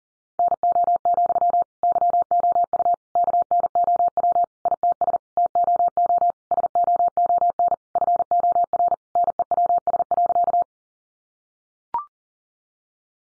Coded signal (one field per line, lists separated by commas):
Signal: Morse code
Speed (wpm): 40 wpm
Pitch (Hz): 700 Hz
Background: none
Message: NO, YOU KNOW ITS TOO SOON FOR NEWS.